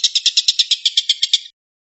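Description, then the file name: Stork-billed kingfisher: brief staccato burst of gravelly, repeated notes, quick and regular, cut off after about one and a half seconds. Tengkek buto giving the "tembakan" or shooting call. "suara tembakan tengkek buto"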